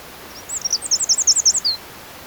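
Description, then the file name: Eurasian wren: a quick run of several high, sharp notes repeated evenly over just over a second, with a steady low background hiss. "Troglodytes troglodytes"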